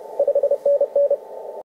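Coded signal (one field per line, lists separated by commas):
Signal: Morse code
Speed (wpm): 31 wpm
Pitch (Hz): 570 Hz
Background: none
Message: 5NN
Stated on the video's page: 6 m CW from a DX station.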